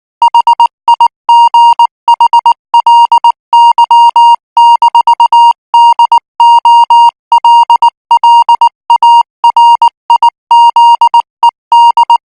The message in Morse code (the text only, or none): HIGHLY-DOLLARIZED